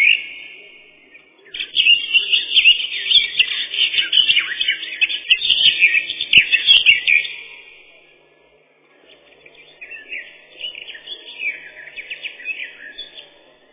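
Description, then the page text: Eurasian blackcap song: a rapid, chattering warble of varied notes lasting about six seconds, a short pause, then a second, softer warbling phrase. "Славка-черноголовка — Sylvia atricapilla"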